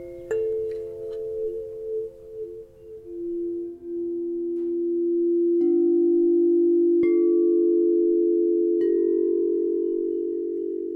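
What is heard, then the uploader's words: Sound bath instruments ring out in long, sustained tones, with low humming pitches that waver and slide through the first few seconds. Fresh bright strikes land around six, seven and nine seconds, each adding a clear higher ring that holds steadily above the swelling drone. A new version of "Psychedelic Sound Bath" without voices. Mandy Hamilton and Anthony Pietromonaco play a range of sound bath instruments. Recorded and produced by Emily Shaw.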